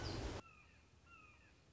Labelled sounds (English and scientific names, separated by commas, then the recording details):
Red-shouldered Hawk (Buteo lineatus)
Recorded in Sonoma County, California